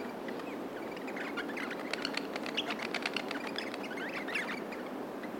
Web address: bird crimson rosella group chirp